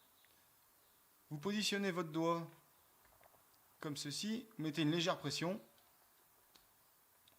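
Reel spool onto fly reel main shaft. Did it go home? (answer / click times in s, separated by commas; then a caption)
yes / 6.6 s, 7.3 s. A spool is slid onto the main shaft of a JMC Equinoxe 46 fly-fishing reel with a finger positioned and light pressure applied while someone talks. After the talking, small clicks at 6.6 s and 7.3 s mark the retaining clip snapping into place, and the spool is seated.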